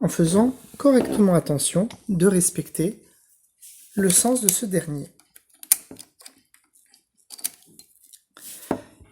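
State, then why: Not seated. Someone talks while a bobbin case is inserted into the rotary hook of a Juki DU-1481-7 industrial sewing machine, taking care with its orientation. After the talking, a few short, sharp taps are heard from about 5.6 s to 8.7 s. The bobbin case is not yet fully engaged in the hook, and nothing has clicked into place yet.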